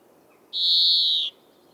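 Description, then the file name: European greenfinch with one sustained nasal wheeze, even in pitch, in otherwise quiet surroundings. "Chloris chloris"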